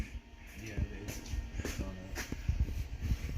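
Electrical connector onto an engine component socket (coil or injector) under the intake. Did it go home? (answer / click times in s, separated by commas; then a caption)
no / none. During a lower intake manifold gasket replacement on a Ford F150 4.6L, a plastic electrical connector that would not latch on the first try is pulled off and pushed back onto its socket on an engine component (coil or injector) under the intake, with a brief soft knock of handling near 1.3 s while someone talks. It seems to go on all the way, but it has not clicked down; nothing has seated or clicked yet.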